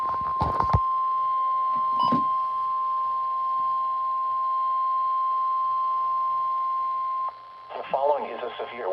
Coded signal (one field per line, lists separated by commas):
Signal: Emergency Alert System (SAME) tones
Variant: 1050 Hz attention tone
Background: speech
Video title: Slight risk threat from 7/8/26 EAS Compliation#6 EAS#139-146 of 2026 #noaaweatherradio